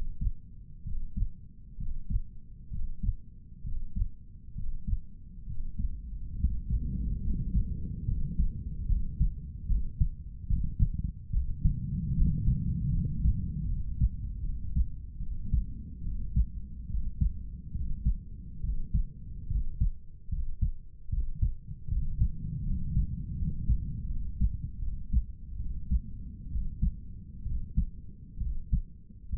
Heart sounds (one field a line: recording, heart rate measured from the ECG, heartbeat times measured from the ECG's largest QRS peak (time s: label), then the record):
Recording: heart sounds by stethoscope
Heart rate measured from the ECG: 72 bpm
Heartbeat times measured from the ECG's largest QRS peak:
0.85 s: heartbeat
1.79 s: heartbeat
2.72 s: heartbeat
3.65 s: heartbeat
4.56 s: heartbeat
5.48 s: heartbeat
6.38 s: heartbeat
7.23 s: heartbeat
8.07 s: heartbeat
8.88 s: heartbeat
9.69 s: heartbeat
10.50 s: heartbeat
11.33 s: heartbeat
12.16 s: heartbeat
12.94 s: heartbeat
13.69 s: heartbeat
14.44 s: heartbeat
15.21 s: heartbeat
16.05 s: heartbeat
16.90 s: heartbeat
17.75 s: heartbeat
18.63 s: heartbeat
19.50 s: heartbeat
20.32 s: heartbeat
21.12 s: heartbeat
21.91 s: heartbeat
22.67 s: heartbeat
23.39 s: heartbeat
24.10 s: heartbeat
24.82 s: heartbeat
25.60 s: heartbeat
26.51 s: heartbeat
27.46 s: heartbeat
28.41 s: heartbeat
29.33 s: heartbeat
From the record:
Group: healthy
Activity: breath hold 0-2 s, rest 2-29 s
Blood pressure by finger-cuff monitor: 133/91 mmHg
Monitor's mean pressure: 102 mmHg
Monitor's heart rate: 71 bpm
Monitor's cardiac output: 7.1 L/min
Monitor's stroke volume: 99 mL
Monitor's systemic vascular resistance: 1090 dyn s/cm5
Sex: male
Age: 30 years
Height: 188 cm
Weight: 110.2 kg